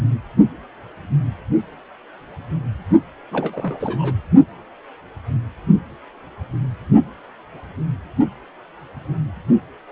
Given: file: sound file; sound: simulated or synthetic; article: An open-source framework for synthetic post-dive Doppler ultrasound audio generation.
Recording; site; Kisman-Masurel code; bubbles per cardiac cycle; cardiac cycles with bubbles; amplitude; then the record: Doppler ultrasound audio after a dive; precordial; 221; several, 3–8; 10–50%; barely perceptible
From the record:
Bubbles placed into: partial cardiac cycles